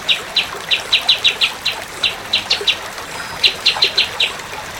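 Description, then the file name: Orange-spotted bulbul uttering bright, sharp chip notes in loose clusters, a brief pause midway, then a fresh burst; faint background hiss. "kapas tembak"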